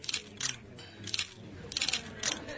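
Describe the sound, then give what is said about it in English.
Clusters of sharp, bright mechanical clacks of typewriter keys being struck arrive in quick bursts of rapid runs with short pauses between them, over a faint low background hum. “With those typewriter sounds again.”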